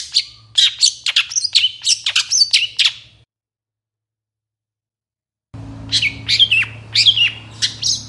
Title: Cendet Gacor Dor Di Kala Pagi Toet Toet Variasi Suara